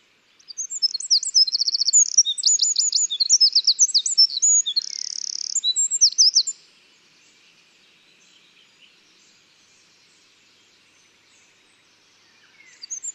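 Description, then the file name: Eurasian wren delivering a long, loud, high-pitched song of rapid notes and buzzy trills for about six seconds, then quiet, with another song just starting at the end. "Troglodytes troglodytes"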